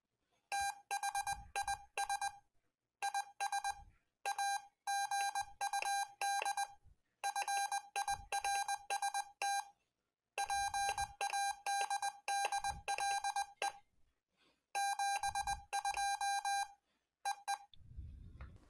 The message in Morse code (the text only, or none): THIS IS A GUD FIRST PADDLE 72 EE